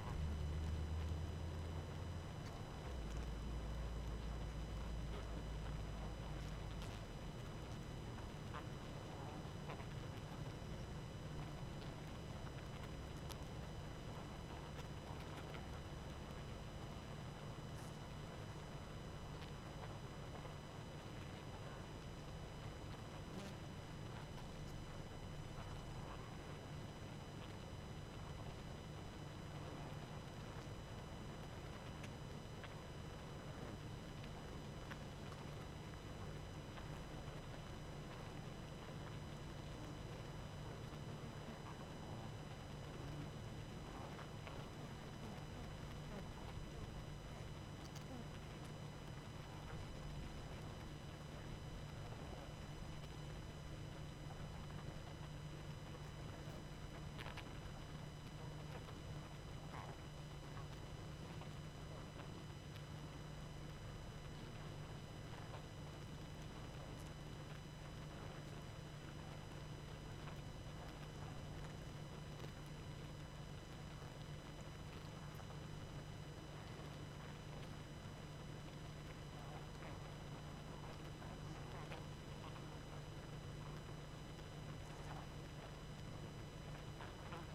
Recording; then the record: honeybee colony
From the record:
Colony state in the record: active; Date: 12 June 2018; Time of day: 22:04